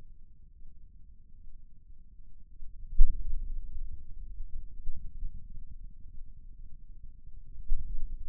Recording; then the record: forearm muscle sounds (acoustic myography)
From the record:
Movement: finger pinch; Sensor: system 2, bracelet of six BSWA MPA416 microphones around the upper forearm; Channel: 2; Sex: male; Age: 22 years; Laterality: right